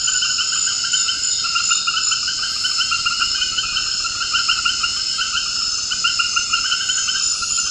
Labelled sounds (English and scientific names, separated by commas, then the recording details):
none
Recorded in dense forest near Puerto Asís, Putumayo, Colombia, on 18 February 2024 at 22:00
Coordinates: 0.472, -76.329
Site G6394